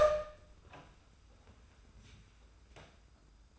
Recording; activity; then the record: daily activity, microphone in the room; open door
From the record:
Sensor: 2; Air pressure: 991.4 hPa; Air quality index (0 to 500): 155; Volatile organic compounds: 557 ppm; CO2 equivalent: 4891 ppm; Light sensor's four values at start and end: 34/101/40/37 and 34/101/40/37